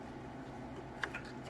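A charger plug is pulled out of the DC power jack of a Samsung Ativ 940X (NP940X5J) laptop while it is being tested after a charge port repair. A sharp click is heard at 1.0 s as the plug releases, followed by a softer tick at about 1.2 s. The plug clicks on pull-out, unlike on insertion.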